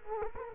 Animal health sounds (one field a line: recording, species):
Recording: mosquito wingbeat signal from an infrared sensor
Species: Culex quinquefasciatus